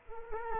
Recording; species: mosquito wingbeat signal from an infrared sensor; Culex quinquefasciatus